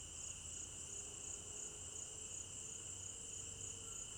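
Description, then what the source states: Crickets trilling steadily at high pitch, with a soft low hum running underneath throughout. At night in an African village garden; stereo binaural recording.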